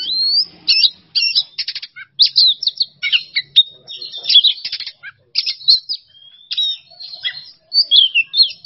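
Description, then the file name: Oriental magpie-robin delivering bursts of rapid clicking trills and clear whistles, separated by short silent gaps. Masteran training recording for songbirds; song style called "bongkar isian", with the bird in an excited ("emosi") state. "Masteran Kacer Bongkar Isian Emosi"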